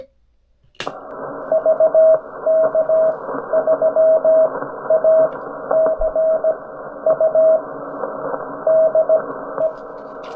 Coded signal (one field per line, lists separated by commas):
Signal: Morse code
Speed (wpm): 17 wpm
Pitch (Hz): 640 Hz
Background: radio noise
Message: VK3ACU DE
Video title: Making a Contact on a Homemade Morse Code Transmitter!